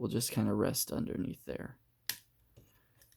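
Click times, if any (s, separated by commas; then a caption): 2.1 s. Someone talks while a plastic panel on a transforming robot toy is swung down and pressed home underneath another part. A sharp, loud click at 2.1 seconds shows the panel clipping into place on the body, followed by a few faint ticks near the end.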